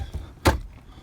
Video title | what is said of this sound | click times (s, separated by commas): 93 z24 cavalier tilt wheel repair | so with those all the way up you pop that pin back in and then when they come back down they'll lock into place | 0.5 s